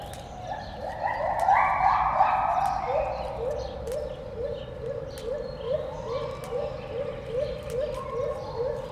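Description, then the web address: White-handed gibbon song: loud swelling rising hoots build to a peak, then give way to quick repeated short notes, about three per second, with clicks behind. Song from the monkey house at Debrecen Zoo, Hungary, 2012. "allathangok debrecenizoo 2012 feherkezugibbon enekamajomhazbol"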